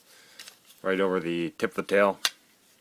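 A plastic leg/shin section of a Transformers Generations Fall of Cybertron Voyager Grimlock robot toy, being transformed into its dinosaur mode, is handled as it is pushed down over the tip of the tail toward its peg. Faint plastic ticks come at about 0.4 and 0.5 s, then someone talks. Nothing has seated or snapped into place yet.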